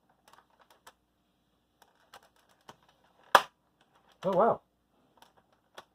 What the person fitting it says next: Oh wow, that snapped into place.